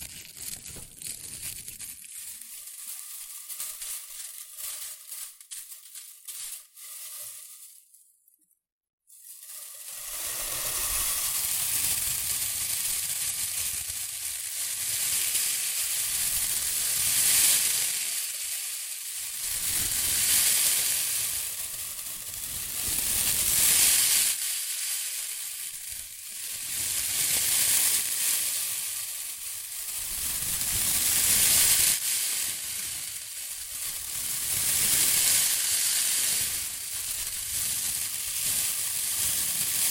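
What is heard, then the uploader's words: Shredded tissue and packing peanuts are rustled and crinkled. The first nine seconds are quieter and sparser, with a brief silence near nine seconds. Then a dense, bright, sizzling crinkle takes over, swelling and easing in waves with short lulls. ASMR Rustling and Crinkle Sounds (Shredded Tissue, Packing Peanuts).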